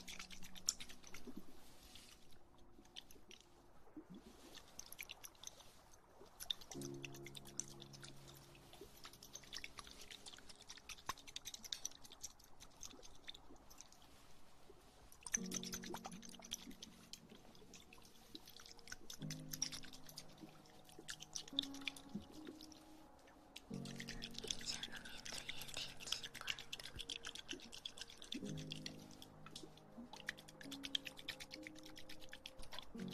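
Water pours and drips close to the ear, with a crackly, bright splashing texture throughout. Underneath, low hollow tones hold steady and then jump to new pitches every few seconds, around 7, 15, 19, 24 and 28 seconds, like a container being refilled.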